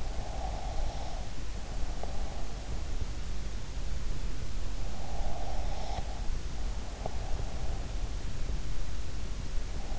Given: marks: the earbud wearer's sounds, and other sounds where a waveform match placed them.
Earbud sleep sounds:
sounds in sleep by an in-ear microphone; breath
0.00-2.43 s: breath
5.07-7.62 s: breath

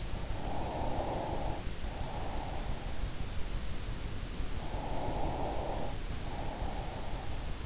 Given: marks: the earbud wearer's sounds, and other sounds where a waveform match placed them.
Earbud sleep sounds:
sounds in sleep by an in-ear microphone; breath
0.14-3.17 s: breath
4.41-7.65 s: breath

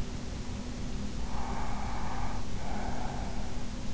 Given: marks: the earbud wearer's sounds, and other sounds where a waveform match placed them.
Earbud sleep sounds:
sounds in sleep by an in-ear microphone; breath
1.25-3.50 s: breath

